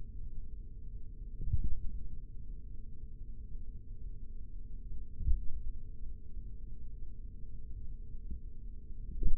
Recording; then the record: forearm muscle sounds (acoustic myography)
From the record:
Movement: finger pinch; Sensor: system 3, bracelet of six PUI Audio POM-2738L microphones around the upper forearm, with dedicated amplification and filtering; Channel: 3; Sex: male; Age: 56 years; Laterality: right